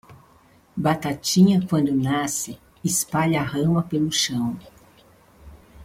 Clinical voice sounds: short text; Brazilian Portuguese; female; 60 to 69 years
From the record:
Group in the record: control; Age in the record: 63 years

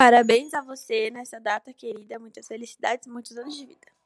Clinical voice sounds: short text; Brazilian Portuguese; female; 18 to 19 years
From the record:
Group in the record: control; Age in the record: 18 years

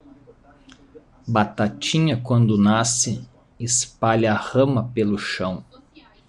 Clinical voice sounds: short text; Brazilian Portuguese; male; 30 to 39 years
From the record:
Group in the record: control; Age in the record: 39 years

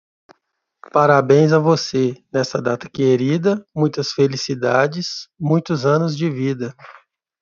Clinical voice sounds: short text; Brazilian Portuguese; male; 30 to 39 years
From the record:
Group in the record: control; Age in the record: 38 years

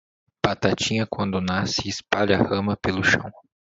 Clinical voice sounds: short text; Brazilian Portuguese; male; 18 to 19 years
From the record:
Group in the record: control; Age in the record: 18 years

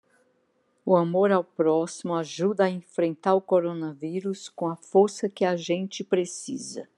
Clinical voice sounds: spoken sentence; Brazilian Portuguese; female; 70 to 79 years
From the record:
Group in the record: control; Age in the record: 72 years

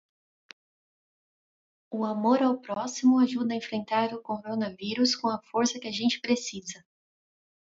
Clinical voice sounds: spoken sentence; Brazilian Portuguese; female; 30 to 39 years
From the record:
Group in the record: control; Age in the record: 35 years

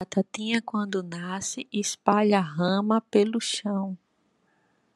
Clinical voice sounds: short text; Brazilian Portuguese; female; 30 to 39 years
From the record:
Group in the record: control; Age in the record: 32 years

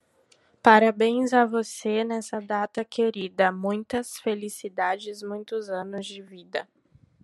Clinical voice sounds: short text; Brazilian Portuguese; female; 18 to 19 years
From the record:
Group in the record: control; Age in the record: 19 years

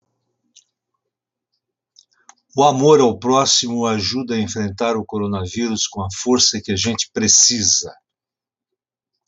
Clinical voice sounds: spoken sentence; Brazilian Portuguese; male; 70 to 79 years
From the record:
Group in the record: control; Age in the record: 77 years

